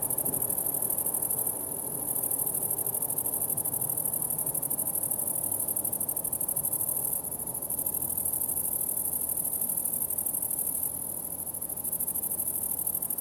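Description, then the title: Grasshoppers give a sustained high buzzing trill that dips briefly a few times, over a steady low rumble. Summer ambience at the farm of Villers Abbey, Villers-la-Ville, Belgium, with grasshoppers and a train in the distance; Sony PCM-D100 internal microphones in wide position. "Ferme de lAbbaye de Villers, 1495 Villers-la-Ville, Belgique - Grasshoppers"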